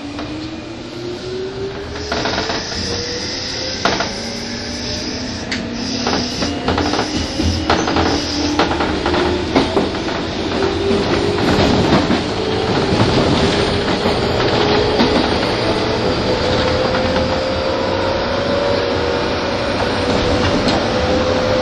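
A train on the Tokyo to Takao run, its motor whine climbing slowly and steadily in pitch as it gathers speed. A thin high squeal sits over the first several seconds, with scattered clicks and rattles. Under it all runs a constant low rumble.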